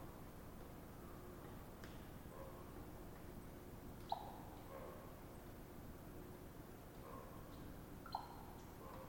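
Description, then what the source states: Raven giving two isolated sharp pops, roughly four seconds apart, with faint murmured notes in between against a quiet, steady hiss. Popping calls exchanged back and forth as a conversation between ravens.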